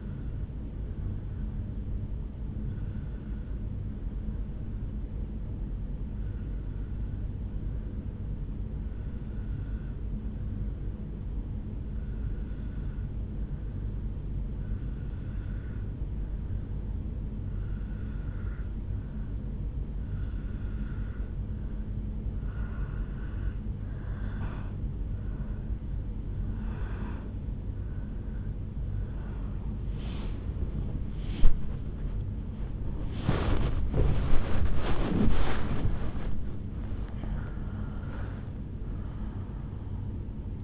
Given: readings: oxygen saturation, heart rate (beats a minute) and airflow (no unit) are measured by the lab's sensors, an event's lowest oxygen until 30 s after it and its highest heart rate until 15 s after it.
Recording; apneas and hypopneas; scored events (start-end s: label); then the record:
breathing in sleep by a smartphone at the bedside; 1
4.00-23.90 s: obstructive apnea (N1, oxygen 95% highest, then 88% lowest, heart rate 71 at the start, 81 highest)
25.00-40.64 s: awake
25.00-40.64 s: new sleep stage, awake
From the record:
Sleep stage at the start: N1 (lightest sleep); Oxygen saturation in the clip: 88 to 95%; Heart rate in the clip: 49 to 81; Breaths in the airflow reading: 5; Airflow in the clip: -9.7 to 8.8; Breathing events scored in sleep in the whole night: 449 in 7.0 hours asleep